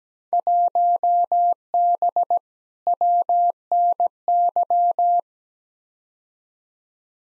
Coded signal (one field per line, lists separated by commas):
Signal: Morse code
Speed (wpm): 17 wpm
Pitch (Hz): 700 Hz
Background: none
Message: 1B WNY